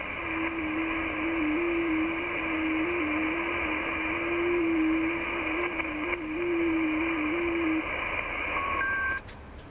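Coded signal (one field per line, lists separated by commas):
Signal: FT8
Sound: a low steady warbling tone stepping slightly in pitch over loud hiss, then stopping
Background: radio static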